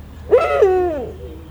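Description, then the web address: Eurasian eagle-owl uttering one rich, harmonic call that rises briefly, then slides downward and fades over about three quarters of a second. Captive bird at a zoo in Szeged, recorded in 2011. "szegedizoo 2011 standardt uhu"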